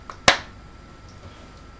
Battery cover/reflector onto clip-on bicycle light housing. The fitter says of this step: it's snap together